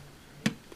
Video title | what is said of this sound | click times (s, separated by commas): Transformers Prime Beast Hunters Optimus Prime Video Review | that pops into place | 0.5 s